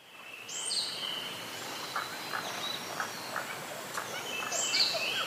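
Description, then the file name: Two high, rising Mandarin duck whistles, one early and one near the end, with soft clucking notes and a steady background hiss between them. "oshidori"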